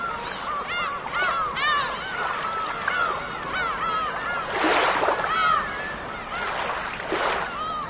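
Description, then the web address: Seagulls crying repeatedly, overlapping arched yelps from several birds, with waves breaking loudly in surges. "soothing waves seagull call"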